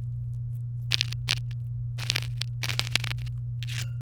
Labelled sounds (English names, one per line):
Domestic Canary song